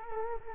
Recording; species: mosquito wingbeat signal from an infrared sensor; Culex quinquefasciatus